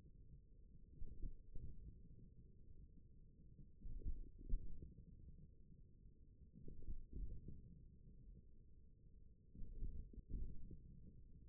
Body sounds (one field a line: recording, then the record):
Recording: forearm muscle sounds (acoustic myography)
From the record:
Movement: wrist flexion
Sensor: system 1, eight BSWA MPA416 microphones around the upper forearm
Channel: 4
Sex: male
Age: 41 years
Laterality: right